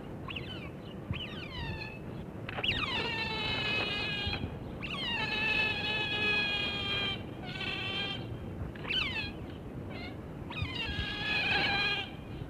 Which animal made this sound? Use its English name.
European Otter